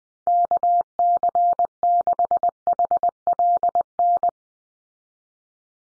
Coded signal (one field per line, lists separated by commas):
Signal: Morse code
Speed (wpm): 20 wpm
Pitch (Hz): 700 Hz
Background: none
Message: KC6HLN